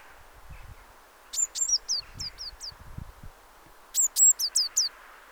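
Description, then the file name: Eurasian blue tit giving two bursts of high, thin, down-slurred notes about two and a half seconds apart, with soft low rumbling noise underneath. "Cyanistes caeruleus"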